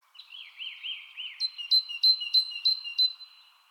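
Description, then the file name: Great tit starting with several looping swooping notes, then switching to a clear run of six bright two-part calls repeated evenly. "Parus major"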